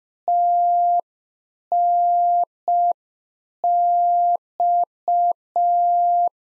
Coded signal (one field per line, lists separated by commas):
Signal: Morse code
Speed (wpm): 5 wpm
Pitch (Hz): 700 Hz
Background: none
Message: TNX